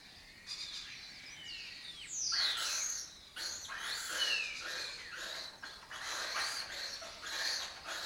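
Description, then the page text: Lesser kestrels in a busy, overlapping chorus of rasping, chattering calls that builds after two seconds and continues steadily. Breeding colony in an abandoned building in Doñana; migratory raptor that forages in West Africa and breeds in southern Europe. "Lesser Kestrels Took Over an Abandoned Building. A migratory raptor wich spends its foraging time in West Africa and breeds in southern Europe. Here in Doñana"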